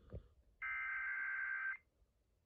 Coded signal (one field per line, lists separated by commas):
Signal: Emergency Alert System (SAME) tones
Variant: header bursts